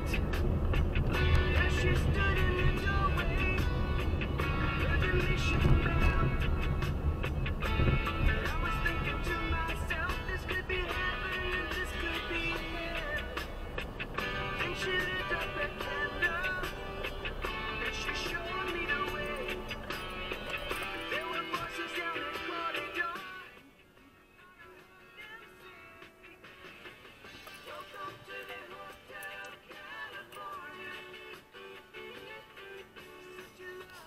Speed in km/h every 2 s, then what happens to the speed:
32, 32, 23, 20, 12, 8, 5, 4, 3, 0, 0, 0, 0, 0, 0, 0, 0.
3-17 slows to 0. 17-34 standing.